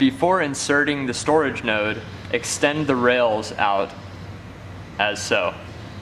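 Someone talks as the slide rails in a server rack are pulled out to full extension before the storage node is installed, over a steady low hum. The clip ends before the rails lock, so nothing has clicked or seated yet.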